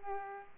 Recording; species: mosquito wingbeat signal from an infrared sensor; Culex pipiens